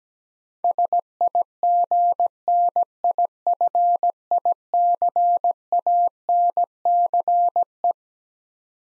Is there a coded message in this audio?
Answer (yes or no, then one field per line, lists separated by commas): yes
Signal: Morse code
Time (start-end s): 0.6-7.9 s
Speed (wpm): 17 wpm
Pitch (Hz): 700 Hz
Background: none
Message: SIGNIFICANCE